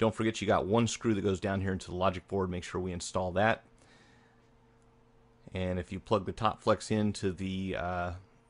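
Someone talks while working on a Galaxy S3 replacement AMOLED screen assembly, mentioning a screw that goes into the logic board, then bringing the screen's top flex cable toward its connector on the phone's board. The cable is only being handled and pressed toward the connector. Nothing has seated or clicked yet.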